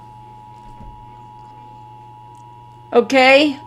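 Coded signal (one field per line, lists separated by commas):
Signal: Emergency Alert System (SAME) tones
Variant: 853 and 960 Hz attention tone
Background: speech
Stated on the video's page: Alert tones in a simulated, fictional emergency alert scenario.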